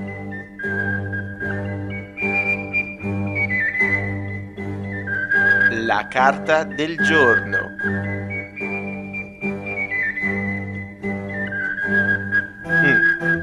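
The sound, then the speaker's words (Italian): The show's whistled theme jingle, a melody stepping between sustained high notes over a steady backing with a pulsing low bass, playing continuously for the whole stretch; a brief spoken phrase comes in over the music. “Adesso fai partire la sigla.”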